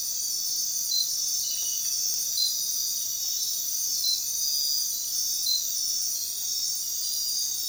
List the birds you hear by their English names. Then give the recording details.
none. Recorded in dense forest near Puerto Asís, Putumayo, Colombia, on 20 February 2024 at 05:00. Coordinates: 0.466, -76.327. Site G6413